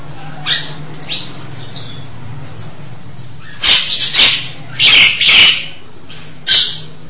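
Nias hill myna giving several loud, rasping bursts, some in pairs, after quieter scattered notes, with a steady low hum throughout.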